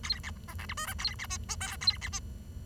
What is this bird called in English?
Bengalese Finch